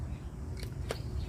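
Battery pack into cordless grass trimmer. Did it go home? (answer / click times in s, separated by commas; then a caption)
yes / 0.6 s, 0.9 s. A battery pack is slid into the slot of a cordless grass trimmer and pressed until it locks in place. Two short clicks sound at 0.6 s and 0.9 s over a steady low background hum, and the pack is seated and locked.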